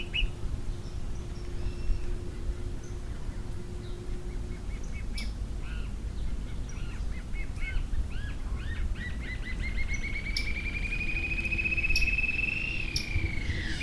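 Green-tailed jacamar calling: scattered sharp, high notes that quicken into a long, rising, sustained trill near the end, over a steady low hum.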